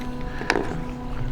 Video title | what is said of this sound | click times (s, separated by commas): Starlink Cable Fix, Adding a Cat 5 quick disconnect without cutting OEM cable. | and you hear it click when it goes in and it's | 0.5 s